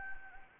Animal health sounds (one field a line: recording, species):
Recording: mosquito wingbeat signal from an infrared sensor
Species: Anopheles gambiae